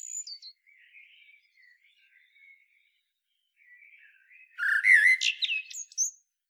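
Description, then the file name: Common blackbird song: soft warbled notes for several seconds, then one loud fluty phrase ending in sharp, high squeaks. "Turdus merula"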